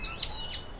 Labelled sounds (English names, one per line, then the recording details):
Stitchbird song
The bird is a male
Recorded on Tiritiri Matangi Island, New Zealand, in 2005
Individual 9, of nest box 11